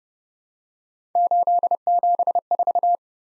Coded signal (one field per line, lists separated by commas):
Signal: Morse code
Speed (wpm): 30 wpm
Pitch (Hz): 700 Hz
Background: none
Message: 874